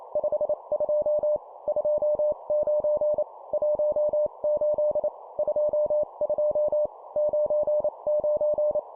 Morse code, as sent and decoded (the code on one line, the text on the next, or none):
..... ..--- / ..--- ----. / .---- ---.. / ..--- ..--- / ----. ----.
52 29 18 22 99